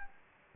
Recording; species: mosquito wingbeat signal from an infrared sensor; Anopheles gambiae